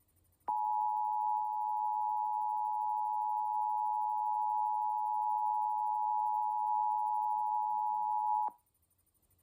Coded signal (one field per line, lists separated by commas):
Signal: Emergency Alert System (SAME) tones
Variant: 853 and 960 Hz attention tone